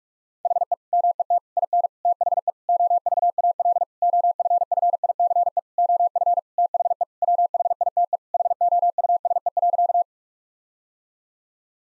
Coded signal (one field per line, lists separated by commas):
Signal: Morse code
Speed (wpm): 41 wpm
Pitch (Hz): 700 Hz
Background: none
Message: HE MET IN THE OVAL OFFICE OF THE WHITE HOUSE.